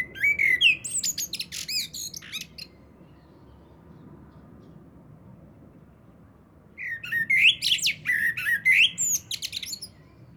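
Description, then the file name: Eurasian blackbird song: two rich, varied phrases of fluty whistles and scratchy high notes, the second longer, with a pause of about four seconds between them. "Turdus merula"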